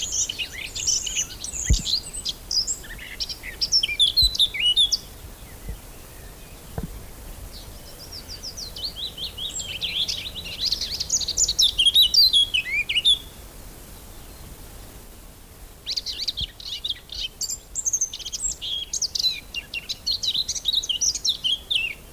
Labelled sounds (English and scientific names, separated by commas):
Eurasian Blackcap (Sylvia atricapilla) song